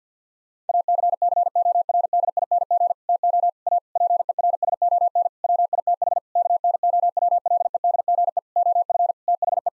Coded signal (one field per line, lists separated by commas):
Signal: Morse code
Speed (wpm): 50 wpm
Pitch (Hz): 700 Hz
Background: none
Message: ACCORDING TO A PERSON WITH KNOWLEDGE OF THE